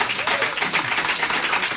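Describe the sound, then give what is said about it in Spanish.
Steady audience applause at a live concert recorded in March 2010 at the Chromatic Attic in Antwerp, Belgium, a dense crackle of many hands clapping at a lively, even level with no voices standing out. “Ya lo ven, aplausos. Grabado en directo.”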